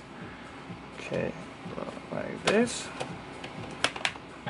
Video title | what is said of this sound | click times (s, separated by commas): Alienware 17 R4 GTX 1080 disassembly & thermal paste/pads replacement | locks into place then there are two screws I showed | 3.8 s, 4.1 s